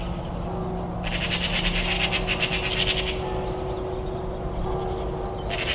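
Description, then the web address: Bird call: a two-second run of quick repeated pi notes, then a fresh burst at the end, over a persistent low hum. Call described as pi pi pi pi. "birddata Deverinetal 2025"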